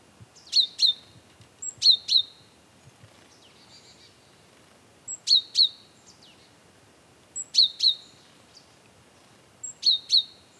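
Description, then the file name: Great tit producing clear, ringing paired notes in bursts separated by short pauses. "Parus major"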